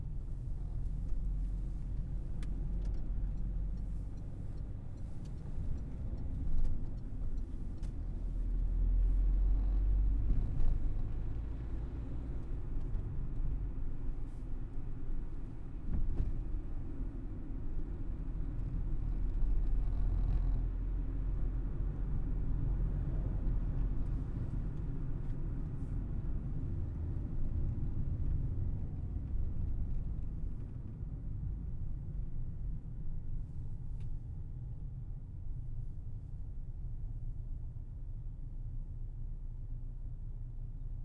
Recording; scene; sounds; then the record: everyday scene through a hearing-aid microphone; in a vehicle; engine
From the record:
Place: Berlingo II, diesel engine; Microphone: behind the ear, left, front